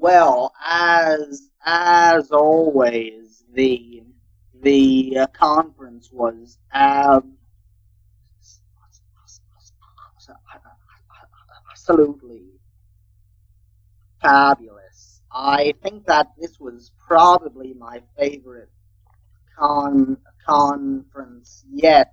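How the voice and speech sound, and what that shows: A 16-year-old boy who stutters speaks with frequent blocks and many long silent pauses between words, including one of nearly four seconds, plus repeated starts such as "as... as always," "the... the conference" and "con... conference." The speech shows stuttering with part-word and word repetitions, prolonged sounds and silent blocks.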